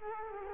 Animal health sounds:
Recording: mosquito wingbeat signal from an infrared sensor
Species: Culex quinquefasciatus

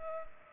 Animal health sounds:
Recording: mosquito wingbeat signal from an infrared sensor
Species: Culex pipiens

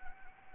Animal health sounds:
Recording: mosquito wingbeat signal from an infrared sensor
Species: Anopheles gambiae

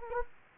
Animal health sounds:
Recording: mosquito wingbeat signal from an infrared sensor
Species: Anopheles gambiae

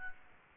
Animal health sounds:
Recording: mosquito wingbeat signal from an infrared sensor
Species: Aedes albopictus

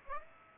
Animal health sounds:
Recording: mosquito wingbeat signal from an infrared sensor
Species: Aedes aegypti

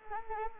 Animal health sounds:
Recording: mosquito wingbeat signal from an infrared sensor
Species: Anopheles arabiensis

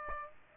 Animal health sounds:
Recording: mosquito wingbeat signal from an infrared sensor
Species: Aedes aegypti

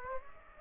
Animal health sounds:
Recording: mosquito wingbeat signal from an infrared sensor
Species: Aedes aegypti

